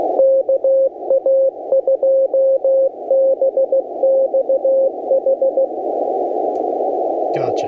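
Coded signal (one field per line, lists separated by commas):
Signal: Morse code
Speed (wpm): 15 wpm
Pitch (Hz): 540 Hz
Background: speech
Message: KA2BXH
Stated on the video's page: Morse heard during a Parks on the Air activation attempting the Iron Operator Challenge, mixing phone, CW, digital and satellite contacts.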